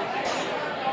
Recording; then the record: coughing mixed with background sound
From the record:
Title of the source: 61 morning phlegmy cough...again